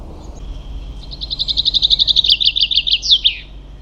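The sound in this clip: Common chaffinch singing a fast series of high chipping notes at a steady pitch, closing with a brisk downslurred flourish; low hum underneath.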